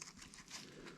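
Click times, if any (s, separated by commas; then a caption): none. A differential part for an RC truck is handled and pushed toward its differential housing, with short sharp clicks near 0.0 s and 0.3 s over a steady hiss. Nothing has seated yet; the part is not yet home in the housing.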